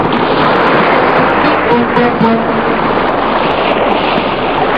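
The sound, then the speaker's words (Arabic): Rough sea waves churn and crash around a tilting sailing ship bound for India, losing its balance, a loud, unbroken roar of water and wind with no voices, holding steady throughout. “السفينة تميل في البحر، إنها تفقد توازنها، إنها كريشة في مهب الريح.”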